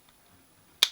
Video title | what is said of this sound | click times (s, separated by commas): Dial Indicator tear down, inspection and repair | these usually just snap into place | 0.8 s